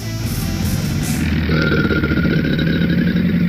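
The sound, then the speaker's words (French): A loud, continuous low growl rumbles for several seconds, deep and throaty like an idling engine, shifting to a rougher, slightly higher snarl about halfway through, as from a hungry alligator. “Il y a un alligator affamé, OK? Il ressemble à un alligator normal.”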